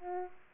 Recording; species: mosquito wingbeat signal from an infrared sensor; Aedes aegypti